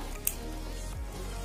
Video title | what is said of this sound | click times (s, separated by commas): BEGINNER GUIDE CARA PASANG SHOCK ABSORBER RC TAMIYA!! THE HORNET!! | Picit sampai dia lock. | 0.3 s